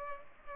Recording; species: mosquito wingbeat signal from an infrared sensor; Culex pipiens